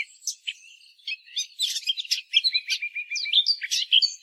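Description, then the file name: Eurasian blackcap song, a rapid jumbled warble of varied high notes and short sweeps, growing busier and louder after the first second with no other clear sounds. "Sylvia atricapilla"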